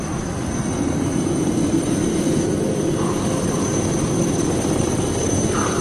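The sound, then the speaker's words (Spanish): A helicopter in flight over the Nazca ground figures, its engine and rotor roaring steadily and loudly throughout, a dense low rumble with a thin high whine running on top and no voices. “La sombra de nuestro helicóptero se hace pequeña ante la inmensidad del boomerang que emerge de la tierra.”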